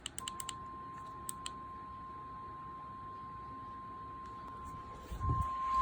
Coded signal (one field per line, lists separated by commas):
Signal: Emergency Alert System (SAME) tones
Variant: 1050 Hz attention tone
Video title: 7/23/21 Severe Thunderstorm Warning (EAS #81